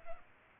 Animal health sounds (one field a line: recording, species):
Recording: mosquito wingbeat signal from an infrared sensor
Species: Aedes aegypti